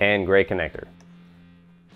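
Someone talks briefly about the gray connector of a Harley-Davidson's main-to-fairing harness as it is handled, before it is pushed into the fairing harness. After the talking stops around 0.9 s, only a steady low hum and faint handling noise remain, with a soft tick near 1.0 s and a small rustle at the very end. The gray connector has not seated or clicked yet.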